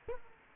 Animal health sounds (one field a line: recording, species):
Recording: mosquito wingbeat signal from an infrared sensor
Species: Culex quinquefasciatus